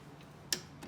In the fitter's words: just gonna tighten up until it clicks so 30 Newton meters for this side